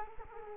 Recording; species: mosquito wingbeat signal from an infrared sensor; Culex quinquefasciatus